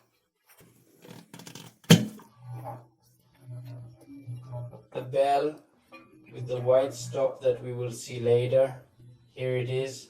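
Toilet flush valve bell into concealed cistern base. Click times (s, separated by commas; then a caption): 1.9 s. The plastic central flush valve (bell) of an ITS Hidrobox Dual concealed toilet cistern, being replaced because of a continuous leak into the toilet, is lined up with the central hole in the cistern bottom and pressed firmly down so it locks. A sharp click at 1.9 s marks it snapping into place, seated, after a few light knocks. Someone talks before and after.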